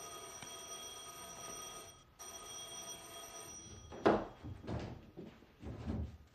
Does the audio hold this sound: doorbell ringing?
yes